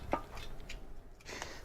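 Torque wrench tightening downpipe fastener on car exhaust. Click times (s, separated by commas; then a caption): 0.1 s. A torque wrench set to 33 lb-ft (45 Nm) tightens a fastener in the downpipe area of an Acura NSX NC1 car exhaust. It gives a sharp click at 0.1 s, showing the fastener has reached its torque setting. A few fainter ticks follow.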